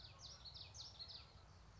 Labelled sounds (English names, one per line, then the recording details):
Common Yellowthroat
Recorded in Sonoma County, California